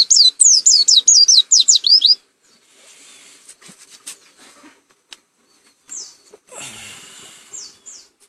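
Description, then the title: White-eye song: a rapid run of high, sharply descending whistled notes for about two seconds, then quiet with faint clicks and rustling, and a few brief high chirps near the end. Endemic white-eye from Malang, East Java. "Burung Pleci Macok Endemik Jatim Malang"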